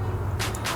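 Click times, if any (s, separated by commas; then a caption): none. A plastic wiring connector is pushed onto a greased replacement AUXITO H8/H11 LED fog light bulb on a BMW E90, over a steady low hum with broadband hissy rustles around 0.4 s and 0.7 s. A faint knock sounds near 0.55 s, but it is not a satisfying click. The connector has not latched, and nothing has clicked yet.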